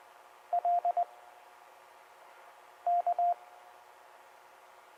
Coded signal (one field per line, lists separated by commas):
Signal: Morse code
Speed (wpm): 20 wpm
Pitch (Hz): 700 Hz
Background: none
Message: L K